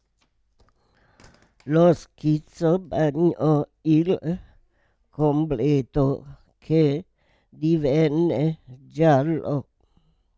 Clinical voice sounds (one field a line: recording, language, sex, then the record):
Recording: read passage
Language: Italian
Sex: female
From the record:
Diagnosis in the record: Parkinson's disease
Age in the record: 78 years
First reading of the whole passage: 164 s, 3.2 characters per second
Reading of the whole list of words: 108 s, 2.6 characters per second